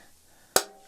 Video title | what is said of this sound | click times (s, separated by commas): Wanna save money in your woodshop? 3D Print your own replacement parts | oh look at that clicked right in | 0.6 s